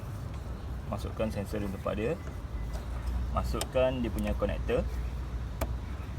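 Someone talks while the plastic wiring harness connector is handled at the cleaned, refitted mass air flow sensor on a Toyota Vios NCP93, over a low steady rumble. Nothing has seated or clicked into the sensor yet.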